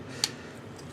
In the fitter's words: snaps underneath this right here to make it work